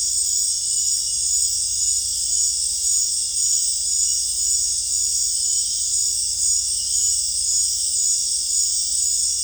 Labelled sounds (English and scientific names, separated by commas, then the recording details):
none
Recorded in secondary vegetation near Puerto Asís, Putumayo, Colombia, on 26 December 2024 at 19:30
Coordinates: 0.484, -76.319
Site GP06